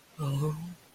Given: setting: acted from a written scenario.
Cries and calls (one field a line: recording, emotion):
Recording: vocal sound without words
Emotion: fear